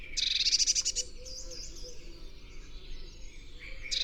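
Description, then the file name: Eurasian blue tit: one brief high buzzy churr at the start, then soft thin chirps and another churr beginning at the end. "Cyanistes caeruleus"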